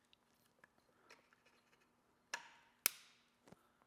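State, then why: Released. A plastic wiring harness plug behind the headlight of a KTM enduro motorcycle is worked loose for greasing its electrical connections. After faint ticks and a sharp snap at 2.3 s, the plug gives a loud, sharp pop at 2.9 s. The connector has popped apart.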